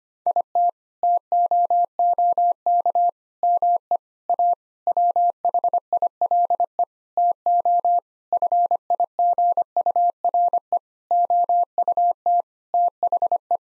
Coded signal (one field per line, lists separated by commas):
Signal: Morse code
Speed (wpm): 25 wpm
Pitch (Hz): 700 Hz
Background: none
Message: IT TOOK ME A WHILE TO FIGURE OUT THE